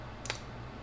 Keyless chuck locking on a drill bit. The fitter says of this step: then this drill actually, when it is locked in, you can actually hear it click like